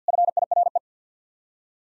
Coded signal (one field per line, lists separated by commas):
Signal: Morse code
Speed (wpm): 49 wpm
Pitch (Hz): 700 Hz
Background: none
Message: FIRE